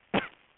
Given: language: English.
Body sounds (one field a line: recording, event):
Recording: throat vibration sensor signal played as sound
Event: cough